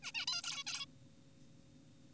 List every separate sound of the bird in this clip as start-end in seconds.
0.03-0.12, 0.15-0.26, 0.28-0.41, 0.44-0.64, 0.67-0.86